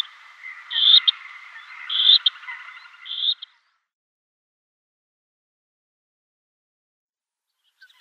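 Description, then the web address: Black-necked grebe calls: three short, squeaky high bursts about one second apart over a softer chattering background, then silence until a faint sound at the very end. "Schulze Peter Black-necked Grebe"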